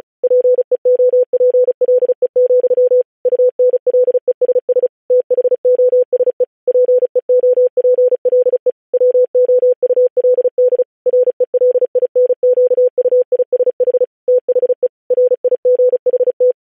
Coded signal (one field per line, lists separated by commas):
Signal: Morse code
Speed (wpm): 36 wpm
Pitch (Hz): 500 Hz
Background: none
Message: PEOPLE, UNLESS THOSE PEOPLE WOULD RELINQUISH THE RIGHT